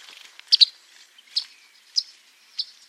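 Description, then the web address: Bird calls: sharp high chirps, a quick pair followed by three single notes spaced roughly half a second apart, over faint background hiss. "cianscape birddata Deverinetal 2025"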